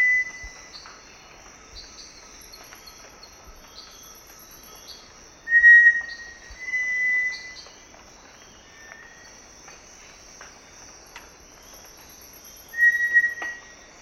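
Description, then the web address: Cinereous tinamou uttering clean, level whistles in a loose series, with a quieter one between, over a high continuous insect buzz and faint chirps. Recorded in the eastern lowlands of South America. "Natures Songs S America Eastern Lowlands. Cinereous Tinamou"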